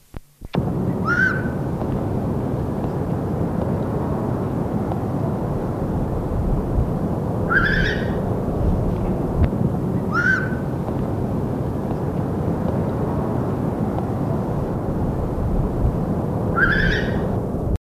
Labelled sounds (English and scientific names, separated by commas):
Morepork (Ninox novaeseelandiae) call